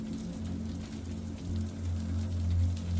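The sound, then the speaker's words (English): Rain trickles and patters steadily down a bedroom window in a city, a soft continuous hiss dotted with faint droplet taps, while a low steady hum drones underneath. No one speaks. “Blackout drapes made of thick linen in your favorite colors block out the city lights and all the sounds but for the trickle of rain down the window.”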